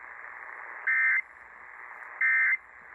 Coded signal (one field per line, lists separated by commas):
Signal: Emergency Alert System (SAME) tones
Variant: end-of-message bursts